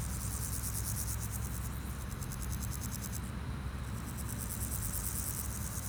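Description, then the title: Grasshopper stridulation as a fast, ticking high buzz running almost continuously, with one brief pause, above constant rumbling traffic. Sunny day at Pins Noirs, Chaussée de Tervueren, Auderghem, Brussels, Belgium, with car traffic passing; recorded with DPA 4060 microphones in AB position into a Zoom F3. "Chaussée de Tervueren, Pins Noirs, Auderghem, Bruxelles-Capitale, 1160, Belgique - Sauterelles - Grasshoppers"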